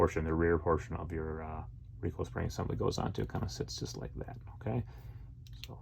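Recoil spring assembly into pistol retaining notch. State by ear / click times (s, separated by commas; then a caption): seated / 5.6 s. Someone talks while setting the rear end of a steel recoil spring assembly onto the second notch of the crescent-shaped retaining portion of a Glock pistol slide. A sharp click at 5.6 seconds, with faint ticks around it, is the assembly snapping into the retaining notch so it sits horizontal.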